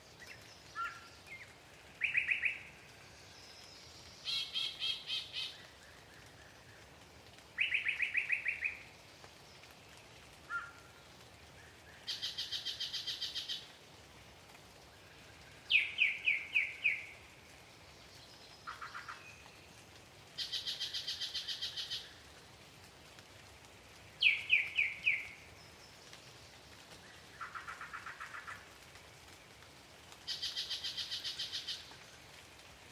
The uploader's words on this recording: Sinlahekin Dawn Chorus. Dawn Chorus at Forde Lake. We listen to the world wake up through the canopy of deciduous coverage near the slow-moving Sinlahekin Creek. This location was a favorite of several local Yellow-breasted Chat, but even they can't drown out the Wilson's Snipe, California Quail, and Veery.